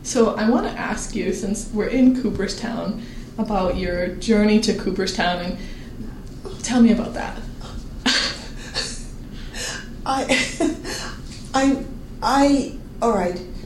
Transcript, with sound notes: So I want to ask you since we're in Cooperstown, about your journey to Cooperstown. Tell me about that.
[Laughs] All right.